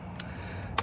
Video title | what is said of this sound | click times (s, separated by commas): WARN ZEON XD Winch Installation on Jeep Wrangler JL or Gladiator Rubicon Steel Bumper | till it clicks in place you can see it fits | 0.8 s